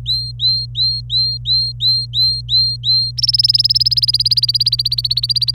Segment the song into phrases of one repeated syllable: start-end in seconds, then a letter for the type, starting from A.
0.00-3.11 A, 3.17-5.55 B